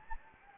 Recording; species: mosquito wingbeat signal from an infrared sensor; Anopheles gambiae